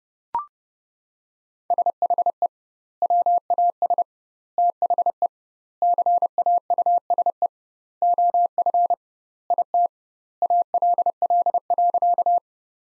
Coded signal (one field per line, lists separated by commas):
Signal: Morse code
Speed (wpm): 30 wpm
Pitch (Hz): 700 Hz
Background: none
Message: SHE WAS THE CAUSE OF IT ALL.